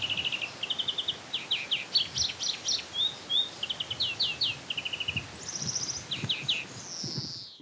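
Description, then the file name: European greenfinch twittering song: quick buzzy trills and chirps near the same pitch, strung together in short bursts, ending with a drawn-out wheezy downslurred note. "Chloris chloris"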